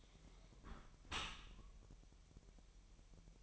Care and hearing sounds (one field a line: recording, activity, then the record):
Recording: daily activity, microphone in the room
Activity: close dishwasher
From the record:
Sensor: 1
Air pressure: 1000.6 hPa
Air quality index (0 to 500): 247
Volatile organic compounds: 142 ppm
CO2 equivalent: 3986 ppm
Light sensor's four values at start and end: 11/28/11/12 and 11/28/11/12